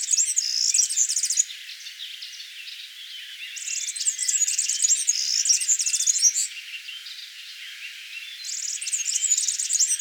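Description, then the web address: European serin singing sizzling, high-pitched jangling phrases in bursts of a few seconds, repeated after pauses, with softer notes between. "vogelstimmen girlitz gesang nabu lars lachmann"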